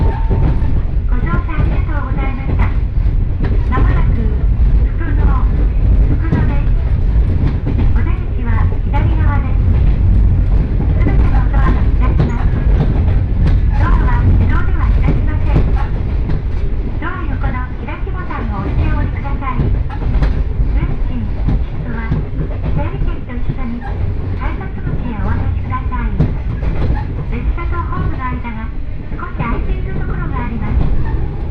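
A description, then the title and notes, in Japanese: A two-car diesel railcar rolls along at an easy pace, its deep engine rumble steady throughout, with passengers' voices chattering. 耳で楽しむ鉄道旅 城端線 油田→城端。城端線の終点城端駅は山がすぐ近くまで迫ってきており、その先には五箇山が控えているいわゆる行き止まりらしさが残る駅です。途中の砺波駅あたりまでは地元民の乗り降りが多く、そこから先は秋の乗り放題切符を持った人たちばかりと思われます。昔ながらの塗装の気動車が2両のんびりと走っていきます。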